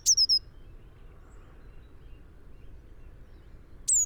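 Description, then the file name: Eurasian blue tit giving a few high, falling notes at the start and one more near the end, with quiet background hiss between. "Cyanistes caeruleus"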